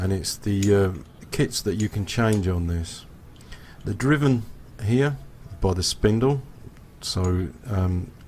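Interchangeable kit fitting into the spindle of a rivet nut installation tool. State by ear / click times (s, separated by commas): not seated / none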